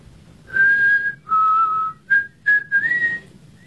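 A person whistles a short tune alone: two long, steady notes followed by a few quick, clipped ones, finishing on a note that slides slightly upward. Clear and moderately loud.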